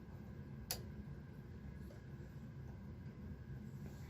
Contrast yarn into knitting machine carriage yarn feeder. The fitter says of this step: Make sure it clicks in.